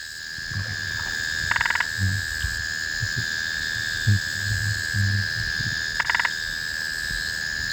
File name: Limnodynastes tasmaniensis